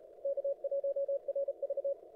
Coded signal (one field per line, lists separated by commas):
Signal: Morse code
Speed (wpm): 35 wpm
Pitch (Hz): 530 Hz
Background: none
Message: K1RV